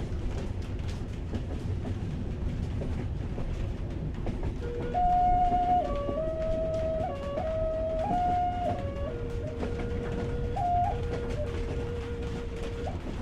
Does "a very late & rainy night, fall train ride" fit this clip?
yes